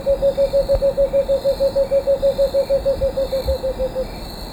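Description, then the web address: Cinnamon screech owl song: a steady, even series of soft low hoots lasting about four seconds, dropping slightly in pitch at the end. Recorded in Ecuador. "Birds of Ecuador. Cinnamon Screech-Owl"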